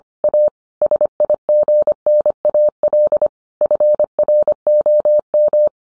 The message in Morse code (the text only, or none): A SIGNAL FROM